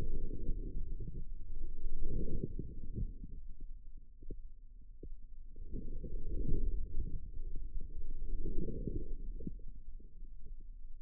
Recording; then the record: forearm muscle sounds (acoustic myography)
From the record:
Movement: inward rotation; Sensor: system 2, bracelet of six BSWA MPA416 microphones around the upper forearm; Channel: 4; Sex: female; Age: 25 years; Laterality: right